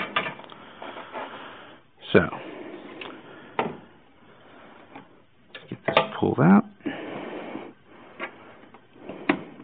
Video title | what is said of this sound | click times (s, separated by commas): 2005 Town & Country headlight Pt2 | All the way out till it clicks. | 9.3 s